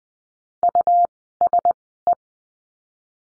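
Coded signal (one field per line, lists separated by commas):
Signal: Morse code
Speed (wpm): 20 wpm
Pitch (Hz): 700 Hz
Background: none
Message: USE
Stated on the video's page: Morse code course lesson drill at Farnsworth spacing, 20 wpm characters at 10 wpm overall, practising words with the letter W.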